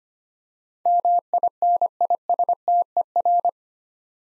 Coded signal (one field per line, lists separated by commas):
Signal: Morse code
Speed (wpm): 25 wpm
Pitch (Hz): 700 Hz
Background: none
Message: MINISTER